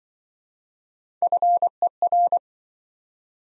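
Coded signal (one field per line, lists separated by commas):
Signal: Morse code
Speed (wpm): 27 wpm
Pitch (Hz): 700 Hz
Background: none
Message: FER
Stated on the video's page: Morse practice set of common QSO elements, speed-racing format starting fast and slowing to a 20 wpm base; the final repeat is sent at maximum speed.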